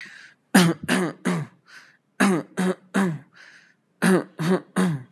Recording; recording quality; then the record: shallow voluntary cough; excellent, no background noise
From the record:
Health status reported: healthy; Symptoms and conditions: none ticked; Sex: male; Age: 26 years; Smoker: not ticked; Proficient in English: yes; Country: India